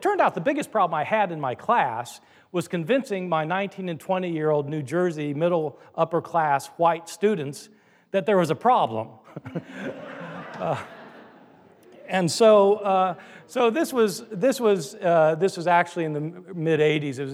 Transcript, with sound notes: It turned out the biggest problem I had in my class was convincing my 19- and 20-year-old New Jersey middle-upper-class white students that there was a problem. (laughter) Uh, and so, uh, so this was, this was, uh, this was actually in the m-mid ’80s.